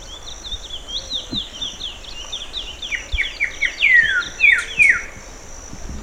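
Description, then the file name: Bird chirps: a rapid run of many falling notes that grows louder, ending in three strong downslurred sweeps, over a constant high-pitched hum. "SABIOD 50 bird 2015"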